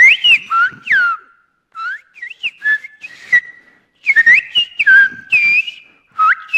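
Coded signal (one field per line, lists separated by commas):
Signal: whistled language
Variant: Sfyria (Greek)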